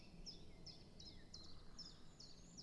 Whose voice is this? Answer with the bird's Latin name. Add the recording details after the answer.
Dendrocopos major. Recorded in Germany. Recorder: ecoPi